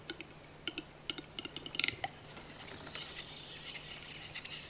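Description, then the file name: Western capercaillie display song: clicks speed up into a tight rattle ending in a pop, followed by a hissing, scraping whetting phrase. Display (lekking song, Hungarian 'dürgés') recorded in the Czech Republic. "Siketfajd dürgés Csehországból"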